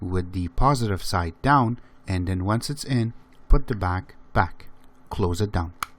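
Someone talks while handling the plastic battery cover of a MyGica KR40 TV remote, after putting the battery in positive side down, then putting the back cover on and closing it down. Closing it should make two clicking noises, but the clip ends before the cover goes home, so nothing has seated or clicked yet.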